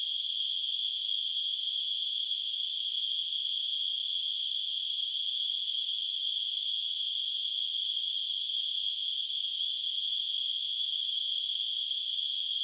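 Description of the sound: Simulated tinnitus: a steady, unbroken narrow band of hissing noise centred near 3 kHz, holding the same pitch and loudness throughout, with nothing below about 2 kHz.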